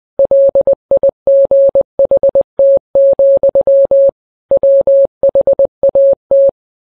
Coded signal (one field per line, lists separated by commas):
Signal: Morse code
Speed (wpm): 20 wpm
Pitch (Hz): 550 Hz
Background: none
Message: LIGHT, WHAT